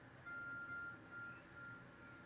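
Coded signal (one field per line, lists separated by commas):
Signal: none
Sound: game object beeping sound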